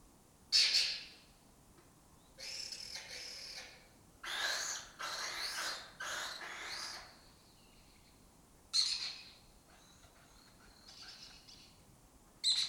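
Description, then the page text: Lesser kestrel uttering sharp harsh squeals and longer grating chatter in separate bursts, with brief quiet gaps between. Breeding colony occupying an abandoned building complex in Doñana, southern Europe; a migratory raptor that forages in West Africa and breeds in southern Europe. "Lesser Kestrels Took Over an Abandoned Building. A migratory raptor wich spends its foraging time in West Africa and breeds in southern Europe. Here in Doñana"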